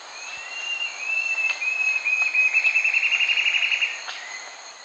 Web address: Natures Songs S America Eastern Lowlands. Campylorhamphus procurvoides, song